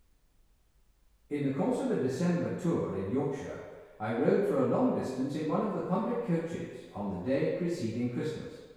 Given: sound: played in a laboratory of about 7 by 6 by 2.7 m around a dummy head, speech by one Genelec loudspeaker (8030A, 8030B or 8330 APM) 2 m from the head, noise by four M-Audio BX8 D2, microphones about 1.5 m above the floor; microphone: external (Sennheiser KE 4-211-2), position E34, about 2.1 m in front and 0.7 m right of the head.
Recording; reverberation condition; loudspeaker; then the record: male speech in English; high; 60 degrees to the right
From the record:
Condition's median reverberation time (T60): about 1300 ms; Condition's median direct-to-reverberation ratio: about -4.0 dB